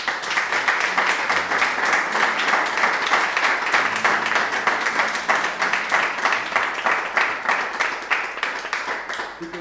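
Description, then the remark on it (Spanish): A crowd claps steadily for several seconds, a dense, continuous patter of many hands with small swells, holding a fairly even loudness before easing slightly at the end; applause at a poetry recital at CC Canido. “Vamos a dedicar un fuerte aplauso.”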